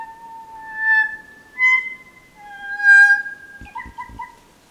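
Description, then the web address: Kokako song: long, clear, organ-like notes rising and falling in a slow phrase, followed by a few short clicks and clipped notes. "sound kōkako. دانلود-صدای-پرنده-کوکاکو"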